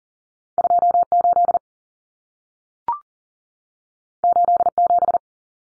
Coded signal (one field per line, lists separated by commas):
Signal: Morse code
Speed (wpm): 40 wpm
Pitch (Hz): 700 Hz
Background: none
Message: 28 87